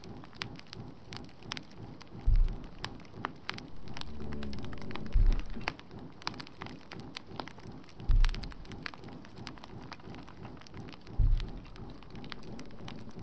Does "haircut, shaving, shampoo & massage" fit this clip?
no